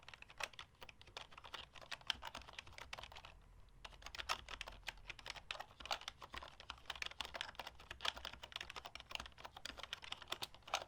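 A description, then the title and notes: Typing on a computer keyboard, a dense, fast run of crisp clicks. The keystrokes come in quick bursts with a brief pause just after three seconds, then continue steadily to the end over a faint low hum. ASMR Keyboard Typing Sounds (No Talking).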